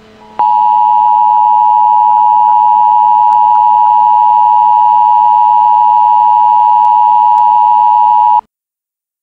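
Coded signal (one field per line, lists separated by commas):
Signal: Emergency Alert System (SAME) tones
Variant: 853 and 960 Hz attention tone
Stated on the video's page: Fictional EAS scenario based on SCP-096, made with an EAS simulator.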